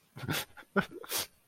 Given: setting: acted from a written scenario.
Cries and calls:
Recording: vocal sound without words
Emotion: shame

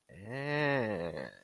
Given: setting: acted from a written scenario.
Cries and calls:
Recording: vocal sound without words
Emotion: disgust

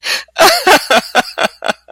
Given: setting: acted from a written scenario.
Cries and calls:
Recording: vocal sound without words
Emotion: amusement

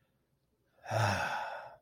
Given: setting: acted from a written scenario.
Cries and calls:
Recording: vocal sound without words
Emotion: relief

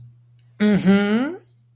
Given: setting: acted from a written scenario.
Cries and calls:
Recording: vocal sound without words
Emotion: triumph

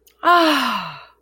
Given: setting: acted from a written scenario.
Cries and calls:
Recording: vocal sound without words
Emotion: positive surprise

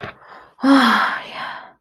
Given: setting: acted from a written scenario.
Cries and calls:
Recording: vocal sound without words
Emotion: relief

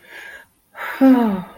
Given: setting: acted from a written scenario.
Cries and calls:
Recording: vocal sound without words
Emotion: relief

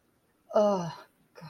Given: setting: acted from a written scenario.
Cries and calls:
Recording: vocal sound without words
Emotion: embarrassment

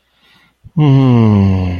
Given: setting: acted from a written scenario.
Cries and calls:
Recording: vocal sound without words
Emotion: romantic love

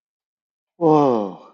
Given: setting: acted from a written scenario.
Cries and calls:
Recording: vocal sound without words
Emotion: awe

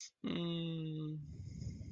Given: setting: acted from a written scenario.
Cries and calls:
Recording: vocal sound without words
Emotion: sadness

